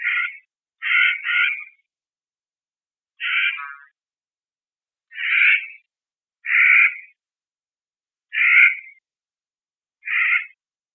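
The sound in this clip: Clark's nutcracker calling with rasping, nasal notes, mostly single with one doubled call, spaced about one to two seconds apart against silence.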